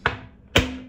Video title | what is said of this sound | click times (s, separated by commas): Faça Você Mesmo - Como instalar Tampa de privada Soft close D.i.Y | faz o clique de novo e pronto ó | 0.1 s, 0.6 s